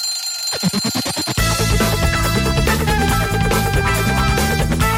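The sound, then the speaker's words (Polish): An alarm clock rings for the 'Trójkowy budzik' segment on Polish Radio Trójka at five o'clock in the morning, in a rapid burst of about ten sharp, buzzy pulses for just over a second, then gives way to loud, dense music that continues to the end. “Trójkowy budzik.”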